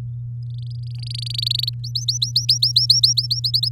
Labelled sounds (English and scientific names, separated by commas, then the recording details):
Domestic Canary (Serinus canaria) song
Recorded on 7 May 2018 at 05:51
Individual llb16